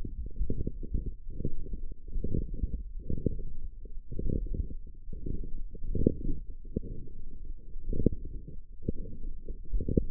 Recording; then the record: forearm muscle sounds (acoustic myography)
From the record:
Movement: forearm pronation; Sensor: system 1, eight BSWA MPA416 microphones around the upper forearm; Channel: 6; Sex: male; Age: 23 years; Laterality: right